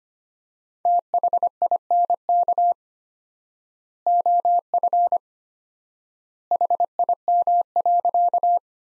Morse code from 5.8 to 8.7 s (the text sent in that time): HIM.